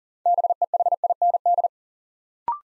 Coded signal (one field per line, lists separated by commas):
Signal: Morse code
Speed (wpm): 37 wpm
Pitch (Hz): 700 Hz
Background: none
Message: BEHIND